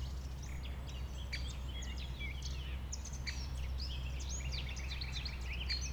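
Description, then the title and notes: Common nightingale song: rapid scattered high chirps, whistles and short trills in quick varied bursts, over a steady low rumble throughout. Nightingale, one of several settled on the banks of a stream forming a pond 1500 m from the A20 motorway; recorded around 8 am, Sunday 12 April. "Un Rossignol Envers Et Contre Tout. un rossignol venu avec quelques autres s'installer sur les rives d'un ruisseau formant un étang à 1500 mètres de l'A 20. Ces moments ont été enregistrés vers 8h le dimanche 12 avril"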